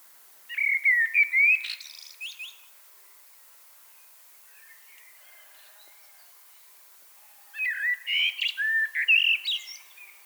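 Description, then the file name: Common blackbird song, two loud warbled phrases of fluty notes with buzzy high twitters, separated by a few seconds of faint soft notes. "Turdus merula"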